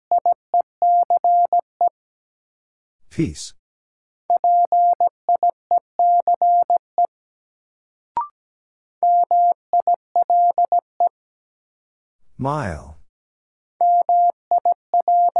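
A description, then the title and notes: A word is sent in Morse code as a steady mid-pitched tone keyed into short dots and longer dashes, in bursts separated by pauses. Two brief rushing noises break in around 3 and 12.5 seconds, and a sharp click lands near 8 seconds. First, the word is sent in Morse code.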